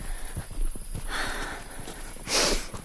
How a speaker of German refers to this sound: Ich mache noch ein paar Schritte bis vor zur Straße.